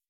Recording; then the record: hydrophone in a shrimp aquaculture tank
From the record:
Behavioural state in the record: weakened